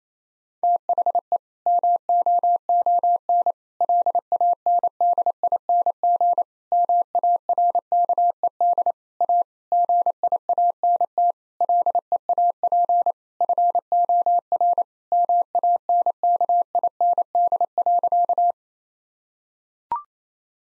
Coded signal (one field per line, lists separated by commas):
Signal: Morse code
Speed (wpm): 28 wpm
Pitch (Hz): 700 Hz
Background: none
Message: THE MOON LANDING MARKED A GIANT LEAP FOR MANKIND.